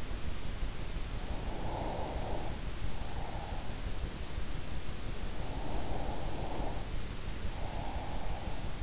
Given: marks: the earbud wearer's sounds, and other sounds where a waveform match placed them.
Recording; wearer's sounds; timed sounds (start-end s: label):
sounds in sleep by an in-ear microphone; breath
1.04-3.90 s: breath
5.35-8.83 s: breath